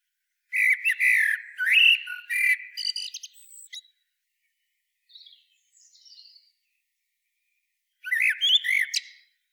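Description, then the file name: Common blackbird song of warbled fluting notes topped with sharp high squeaks, a pause with brief faint chirps, then another rich phrase. "Turdus merula"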